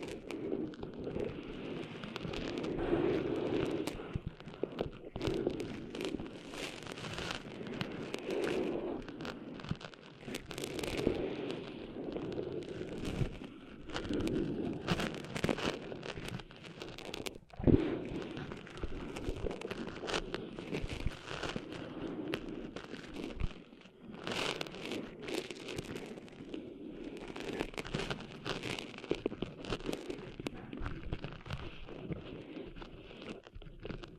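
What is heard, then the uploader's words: Sand being cleaned out of an ear: a dense, continuous scratching and crackling with a muffled rubbing rumble beneath it. Sharp clicks and pops come in quick, irregular bursts throughout, with a loud snap near the middle and a brief lull just after. ASMR Cleaning Sand Out of Your Ears (No Talking).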